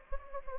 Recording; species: mosquito wingbeat signal from an infrared sensor; Anopheles gambiae